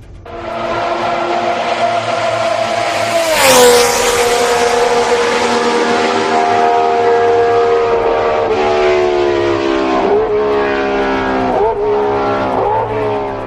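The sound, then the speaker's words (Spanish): A racing car's engine screams at full throttle through a fast left-hand curve taken flat out, a loud, sustained high-pitched whine with dense harmonics that rises sharply, then holds steady, dipping briefly at a few gear shifts. No one speaks. “Un rápido giro de izquierdas y si llevas el coche bien arreglado se puede hacer a fondo, como si fuera una recta.”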